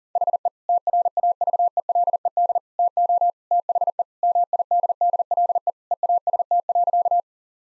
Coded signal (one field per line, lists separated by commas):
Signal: Morse code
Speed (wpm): 40 wpm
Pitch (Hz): 700 Hz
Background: none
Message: HE TRAVELED TO THE MIDDLE EAST.